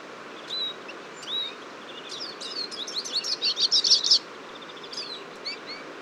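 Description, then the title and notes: Eurasian siskins giving a few isolated thin calls, then a short loud burst of rapid chattering twitters before fading back to single notes. Large flock at a feeder on a February morning, 23 February 2014, Fourcinet, Drôme, France; recorded with Nagra Seven and Telinga P7. "Choeur de fringilles. 23 février 2014-Fourcinet - Drôme. à la mangeoire un grand nombre de Tarin des aulnes (Carduelis spinus)"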